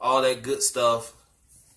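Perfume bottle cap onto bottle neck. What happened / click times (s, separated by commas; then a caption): Handling only; no seating click before the clip ends / none. A perfume bottle cap from a Zara Rich Warm Addictive tobacco collection fragrance is being handled near the bottle neck while someone talks. The cap has notches inside that catch on an indentation around the rim, but the clip ends before it goes on, so nothing has seated or clicked yet.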